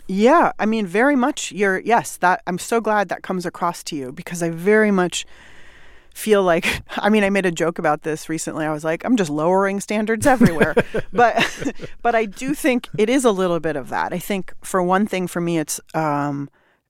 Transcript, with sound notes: I mean, very much. You're - yes. That - I'm so glad that comes across to you because I very much feel like - I mean, I made a joke about this recently. I was like, I'm just lowering standards everywhere.
(Laughter).
But I do think it is a little bit of that. I think for one thing, for me, it's